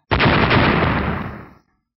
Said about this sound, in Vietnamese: Tiếng nổ lớn vang ra, con rồng cùng với đạo kim sắc đánh ngay phía trước huyết hà, phát ra một tiếng nổ kinh người